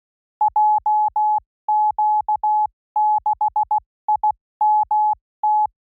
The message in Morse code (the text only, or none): JQ6IMT